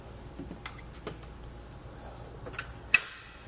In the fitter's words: you hear the click now